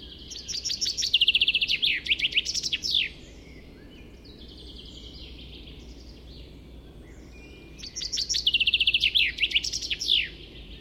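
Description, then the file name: Common chaffinch song: two bright trill phrases that drop in pitch and end in a sharp flourish, separated by a pause. "Fringilla coelebs"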